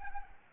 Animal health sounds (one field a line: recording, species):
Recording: mosquito wingbeat signal from an infrared sensor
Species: Culex pipiens